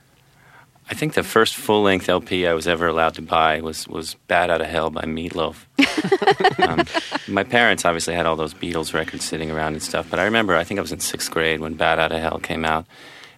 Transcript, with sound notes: I think the first full-length LP I was ever allowed to buy was "Bat Out Of Hell" by Meat Loaf.
(LAUGHTER)
My parents obviously had all those Beatles records sitting around and stuff. But I remember I think I was in sixth grade when "Bat Out Of Hell" came out.